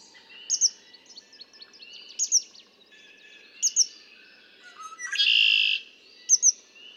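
Red-winged blackbird song, a loud buzzy rasping trill, with high sharp double chips before and after.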